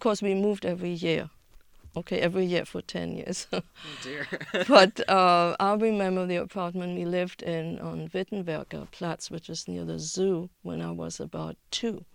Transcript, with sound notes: Of course, we moved every year, okay. Every year for ten years. (she laughs) But I remember the apartment we lived in on Wittenberger Platz, which is near the zoo, when I was about two.